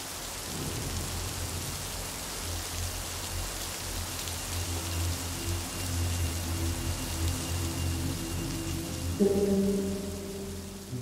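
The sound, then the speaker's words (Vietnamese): Steady rain pours down in a dense, even hiss, with a low droning rumble beneath it that swells briefly near the end, on a late-September afternoon in Rạch Giá. No one speaks. “Rạch Giá, một chiều mưa cuối tháng 9”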